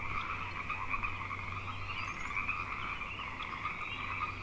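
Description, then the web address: Frogs trilling together in a steady, even chorus over a low constant hum, with a faint thin whistle midway. Frog chorus on Grafton Lake, recorded 3 May 2009. "The Frog Chorus Tunes Up On Grafton Lake frogs 090503"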